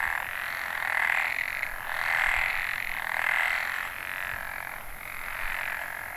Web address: e h i ehimekennanyohokubu tr 140529 kaeru